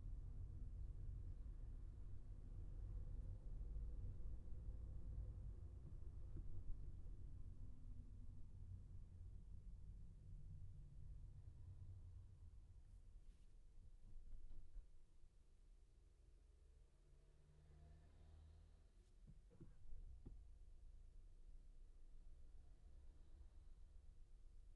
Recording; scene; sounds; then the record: everyday scene through a hearing-aid microphone; in a vehicle; engine, traffic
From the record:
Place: Skoda Fabia, gasoline engine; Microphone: behind the ear, left, rear